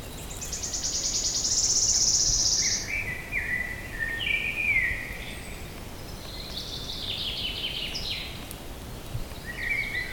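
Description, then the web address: Wood warbler song: a fast, shivering high trill, with lower whistled phrases around it over steady background noise. "linnut sirittaja"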